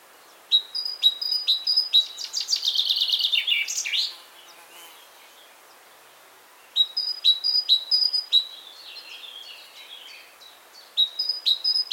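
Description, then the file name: Great tit repeating crisp high two-note phrases, broken by a buzzy chatter, then after a pause resuming the ringing repeated phrases. "Parus major"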